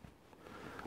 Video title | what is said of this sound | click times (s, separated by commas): Outdoor Erste Hilfe Teil 2 - Tourniquet, Israeli Bandage und Co | So ein Hakenmechanismus bei, den kann man dann einklipsen und dann hält das. | 0.8 s